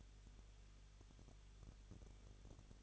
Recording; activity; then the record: daily activity, microphone in the room; no activity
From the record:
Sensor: 4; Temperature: 23.0 degrees Celsius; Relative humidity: 34.1%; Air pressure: 1007.4 hPa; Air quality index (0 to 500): 213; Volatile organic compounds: 14 ppm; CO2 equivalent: 2457 ppm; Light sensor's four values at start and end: 2/3/1/1 and 2/3/1/1